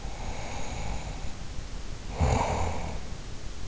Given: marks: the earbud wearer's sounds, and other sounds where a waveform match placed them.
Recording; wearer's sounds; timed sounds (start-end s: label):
sounds in sleep by an in-ear microphone; snoring breath
0.09-3.19 s: snoring breath